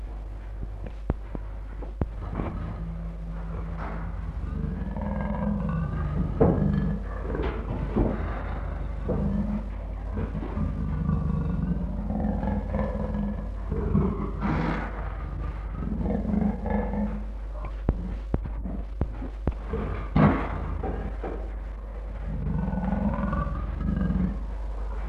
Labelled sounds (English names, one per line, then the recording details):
Leopard
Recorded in captivity
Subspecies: delacouri
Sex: male
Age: adult
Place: Tierpark Berlin, Berlin, DE
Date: 1963-12-01 11:00
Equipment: Minifon, Kopie BG 26/1
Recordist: Tembrock, Günter
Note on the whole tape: Malaya-Leopard. Laute gegen Beobachter. Abstand: 2 m